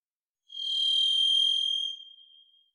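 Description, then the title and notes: Varied thrush singing a single sustained burry whistle on one pitch, lasting about one and a half seconds before dying away softly; otherwise quiet. Song, Pacific Northwest, Washington, United States; parabolic single-species recording, processed for clarity with natural pace and rhythm maintained. "Varied Thrush, clean. Varied Thrush, Ixoreus naevius, song, parabolic single-species recording, processed for clarity, natural pace and rhthym maintained Recorded in the beautiful Pacific Northwest, Washington, United States"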